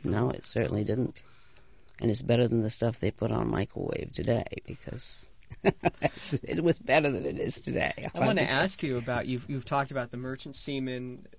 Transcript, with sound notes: No, it certainly didn't. And it's better than the stuff they put on microwave today because... ( she laughs ) It was better than it is today.
I want to ask you about, you've talked about the Merchant Seamen